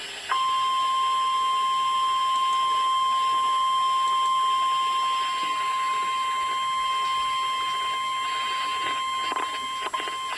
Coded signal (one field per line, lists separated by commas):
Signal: Emergency Alert System (SAME) tones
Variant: 1050 Hz attention tone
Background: speech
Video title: EAS severe thunderstorm warning out of Wakefield, Virginia